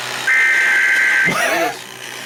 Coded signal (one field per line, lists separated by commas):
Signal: Emergency Alert System (SAME) tones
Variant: header bursts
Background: speech